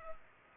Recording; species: mosquito wingbeat signal from an infrared sensor; Culex pipiens